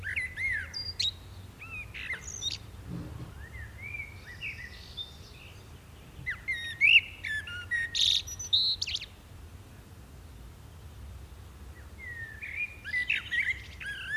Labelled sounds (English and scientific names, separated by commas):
Common Blackbird (Turdus merula) song